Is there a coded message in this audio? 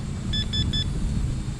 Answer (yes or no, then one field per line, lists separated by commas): no